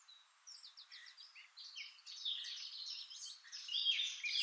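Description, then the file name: Eurasian blackcap song: quiet scattered notes build into a louder, richer warble of quick, varied high phrases. "Sylvia atricapilla"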